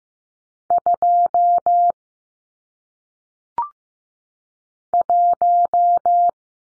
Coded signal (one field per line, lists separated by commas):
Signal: Morse code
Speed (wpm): 15 wpm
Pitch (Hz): 700 Hz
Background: none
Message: 2 1